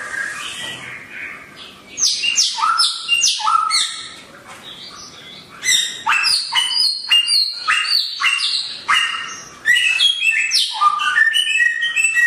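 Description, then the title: Songbird song: vigorous mix of clear whistles and scratchy, buzzy notes in loud bursts separated by quieter stretches. Songbird named Samyong, titled as worth 1 milyar, singing actively and loudly (gacor, volume tembus). "SAMYONG GACOR VOLUME TEMBUS [Burung Kicau"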